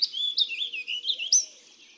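Warbling vireo song: a short, hurried warble of rolling slurred notes, ending abruptly, over a faint low steady tone.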